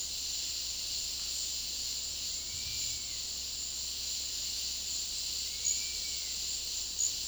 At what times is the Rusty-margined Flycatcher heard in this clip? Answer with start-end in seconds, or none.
2.33-3.18, 5.38-6.27